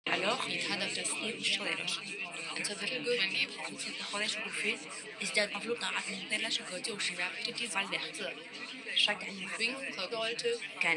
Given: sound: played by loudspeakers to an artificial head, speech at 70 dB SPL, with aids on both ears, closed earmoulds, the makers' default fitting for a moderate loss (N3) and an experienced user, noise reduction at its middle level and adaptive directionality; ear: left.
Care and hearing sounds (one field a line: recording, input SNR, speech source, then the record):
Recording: speech test signal (ISTS) in cocktail-party noise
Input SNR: -3 dB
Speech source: in front (0 degrees)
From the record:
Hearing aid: class 2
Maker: I